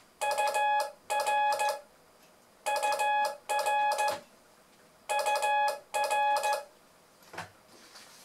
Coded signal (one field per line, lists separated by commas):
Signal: Morse code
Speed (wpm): 16 wpm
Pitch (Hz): 840 Hz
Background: none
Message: UR UR UR